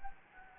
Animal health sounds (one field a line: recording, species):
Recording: mosquito wingbeat signal from an infrared sensor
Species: Anopheles gambiae